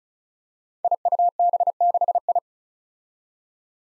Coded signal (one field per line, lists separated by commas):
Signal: Morse code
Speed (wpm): 36 wpm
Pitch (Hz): 700 Hz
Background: none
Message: IUB6I